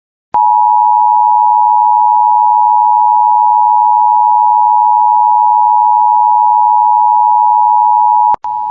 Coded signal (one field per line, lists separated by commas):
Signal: Emergency Alert System (SAME) tones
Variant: 853 and 960 Hz attention tone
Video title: EAS BLIZZAD WARNING FOR FREEBRON,MN